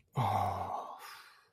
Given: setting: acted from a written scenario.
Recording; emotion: vocal sound without words; relief